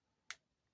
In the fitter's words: you want to hear that click click